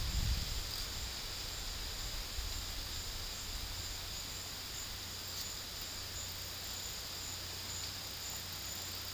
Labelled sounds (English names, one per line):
none